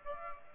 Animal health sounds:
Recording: mosquito wingbeat signal from an infrared sensor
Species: Aedes aegypti

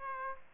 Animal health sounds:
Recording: mosquito wingbeat signal from an infrared sensor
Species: Aedes aegypti

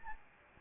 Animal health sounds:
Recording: mosquito wingbeat signal from an infrared sensor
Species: Anopheles arabiensis

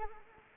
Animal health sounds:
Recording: mosquito wingbeat signal from an infrared sensor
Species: Anopheles arabiensis

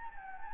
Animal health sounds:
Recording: mosquito wingbeat signal from an infrared sensor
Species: Anopheles gambiae

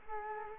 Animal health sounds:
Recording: mosquito wingbeat signal from an infrared sensor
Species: Culex quinquefasciatus

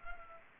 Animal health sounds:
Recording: mosquito wingbeat signal from an infrared sensor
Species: Culex pipiens

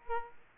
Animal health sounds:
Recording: mosquito wingbeat signal from an infrared sensor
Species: Aedes aegypti

